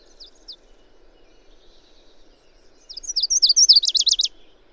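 Bird song: after a few soft high chirps, a loud high-pitched phrase of quick descending notes runs into a fast zigzag trill.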